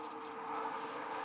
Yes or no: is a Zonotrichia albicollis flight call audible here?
no